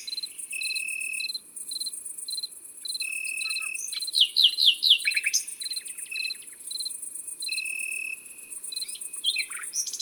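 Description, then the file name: Field cricket chirping song: short bright chirps repeated about twice a second, over a high insect buzz, with long steady tones and a brief burst of sweeping notes midway. Recorded in the Drôme, France. "Grillon champetre Concerts Naturels de la Drome Studio les Trois Becs"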